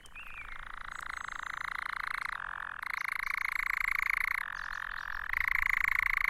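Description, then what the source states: Nightjar churring: a continuous, rapid mechanical trill that runs unbroken, shifting pitch slightly a few times. Churring from its perch at Cannock Chase.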